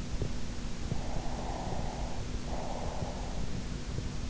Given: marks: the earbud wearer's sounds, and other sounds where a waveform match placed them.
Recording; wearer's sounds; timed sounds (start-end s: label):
sounds in sleep by an in-ear microphone; breath
1.16-3.61 s: breath